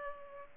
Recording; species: mosquito wingbeat signal from an infrared sensor; Culex pipiens